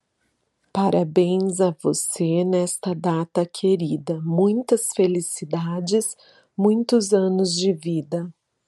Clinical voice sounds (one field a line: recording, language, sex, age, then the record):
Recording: short text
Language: Brazilian Portuguese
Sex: female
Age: 40 to 49 years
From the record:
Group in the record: control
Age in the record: 44 years